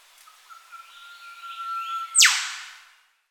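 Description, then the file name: Eastern whipbird call: a long, steady whistled note held for about two seconds, ending in a sudden loud whip-crack sweeping sharply downward, then fading. Tropical setting. "zapsplat animals bird eastern whipbird"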